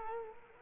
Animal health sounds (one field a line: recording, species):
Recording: mosquito wingbeat signal from an infrared sensor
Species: Culex quinquefasciatus